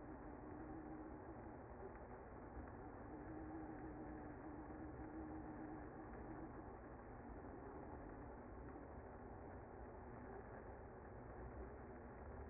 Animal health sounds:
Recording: honeybee colony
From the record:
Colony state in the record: active

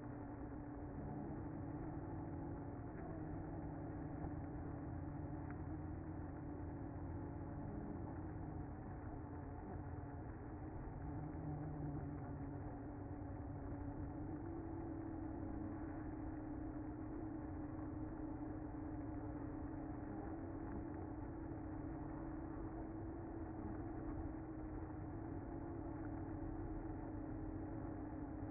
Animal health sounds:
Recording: honeybee colony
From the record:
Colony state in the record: active

